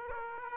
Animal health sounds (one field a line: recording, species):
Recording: mosquito wingbeat signal from an infrared sensor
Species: Aedes aegypti